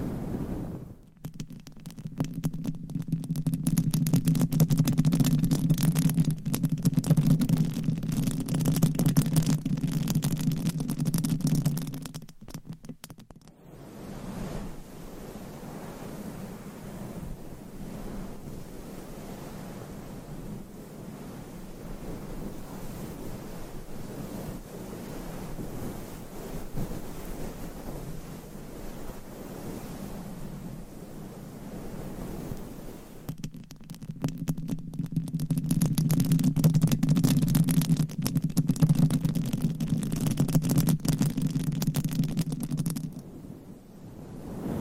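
Nails scratch over a microphone cover, making a dense, rough rasping with a heavy low rumble. Two loud, steady bursts frame the clip, from the start to about 12 seconds and again from about 33 seconds on, with softer, thinner scratching in between.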